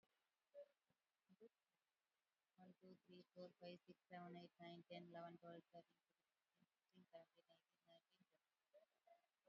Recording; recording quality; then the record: counting at a fast pace; moderate, slight background noise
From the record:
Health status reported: COVID-19 positive, mild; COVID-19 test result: positive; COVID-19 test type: RT-PCR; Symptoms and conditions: cold, fever, muscle pain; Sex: female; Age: 34 years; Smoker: no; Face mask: worn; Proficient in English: no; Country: India